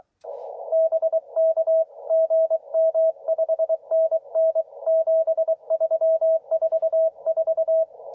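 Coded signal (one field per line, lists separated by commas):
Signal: Morse code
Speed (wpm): 24 wpm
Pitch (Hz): 660 Hz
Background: radio noise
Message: BK GM 5NN 7344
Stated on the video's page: CW from a park (POTA/SOTA-style) field test of a dipole fed with lossy RG-174 coax, working DX.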